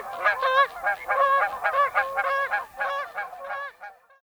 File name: canadagoose